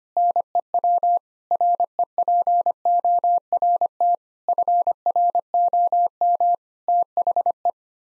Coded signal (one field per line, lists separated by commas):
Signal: Morse code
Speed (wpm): 25 wpm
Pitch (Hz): 700 Hz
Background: none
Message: NEW REPORT FROM THE